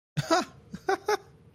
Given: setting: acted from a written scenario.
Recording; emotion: vocal sound without words; elation